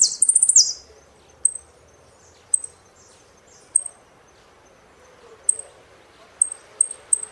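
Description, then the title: Saffron finch with a brief rapid run of buzzy notes at the start, followed by isolated thin high chips spaced irregularly. "Jilguero Argentino"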